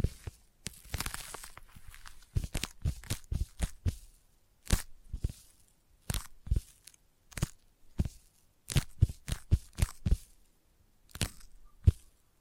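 Sticky tapping in sharp, crackling bursts, each a quick peeling snap with a bright, crinkly edge. A dense flurry of taps fills the first second, then they come in irregular clusters of two or three every second or so, with near silence between.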